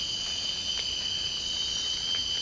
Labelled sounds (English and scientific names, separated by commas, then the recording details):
none
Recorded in secondary vegetation near Puerto Asís, Putumayo, Colombia, on 19 March 2025 at 03:30
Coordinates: 0.502, -76.326
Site G100